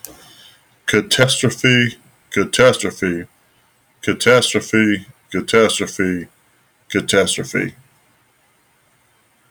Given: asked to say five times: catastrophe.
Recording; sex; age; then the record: repeated word; male; 40 to 49 years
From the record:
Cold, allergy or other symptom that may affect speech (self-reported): no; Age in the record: 44 years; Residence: Kentucky, United States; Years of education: 16